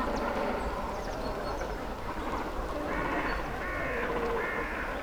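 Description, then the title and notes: Great cormorants croaking in harsh, drawn-out, layered calls over a steady background rumble. Breeding colony of cormorants sitting on their nests and flapping up and down, Zemitz, Germany; recorded with a TASCAM DR-100. "Zemitz, Deutschland - Kormorane brüten. breeding cormorants. Die Kormorane sitzen auf Ihren Nestern und flattern auf und ab"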